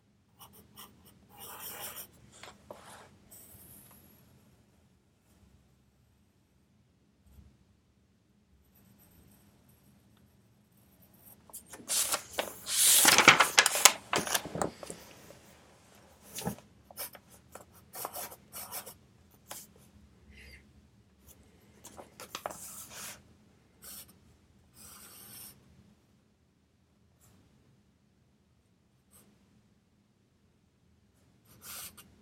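A pencil scratches across paper in short bursts while someone studies, the strokes coming irregularly through the clip. Around 12 to 15 seconds a longer, louder stretch of rubbing writing stands out. A faint low hum runs steadily underneath, with quiet pauses between strokes.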